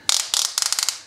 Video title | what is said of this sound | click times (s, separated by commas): Ratchet Belt Comparison: Kore Trakline belt vs Mission belt vs Slidebelts | that has a sort of a hook mechanism on the inside and you can hear it click | 0.1 s, 0.3 s, 0.6 s, 0.9 s